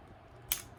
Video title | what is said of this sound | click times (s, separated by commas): TAKARA TOMY ZOIDS WILD KNUCKLE KONG REVIEW! | you just kind of snap it back sounds like it's going to break but it it all it is it's doing is releasing this little | 0.5 s